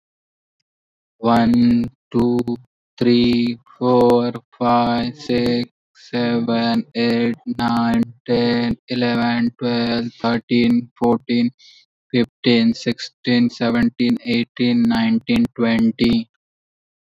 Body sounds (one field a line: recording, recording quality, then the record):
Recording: counting at a normal pace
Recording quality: excellent, no background noise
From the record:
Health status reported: healthy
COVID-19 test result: not tested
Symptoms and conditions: none ticked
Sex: male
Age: 29 years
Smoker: not ticked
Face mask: worn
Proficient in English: yes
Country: India